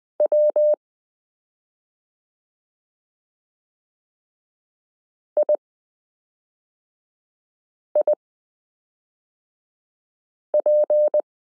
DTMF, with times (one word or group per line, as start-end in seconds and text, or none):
none